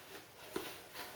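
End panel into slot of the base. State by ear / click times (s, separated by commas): seated / 0.6 s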